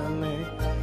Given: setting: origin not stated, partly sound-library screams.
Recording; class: one-second piece from a danger detection set; normal situation